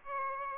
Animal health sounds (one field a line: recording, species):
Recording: mosquito wingbeat signal from an infrared sensor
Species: Aedes aegypti